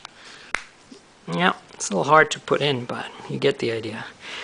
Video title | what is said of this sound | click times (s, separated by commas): Unboxing the HTC Thunderbolt | so the battery cover kind of snaps in place I believe | 0.5 s